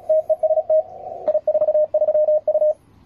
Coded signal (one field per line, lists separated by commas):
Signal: Morse code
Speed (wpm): 36 wpm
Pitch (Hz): 630 Hz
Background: radio noise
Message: TEST I43U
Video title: E29TGW Mew as I43U working 9Z4Y in IARU HF CONTEST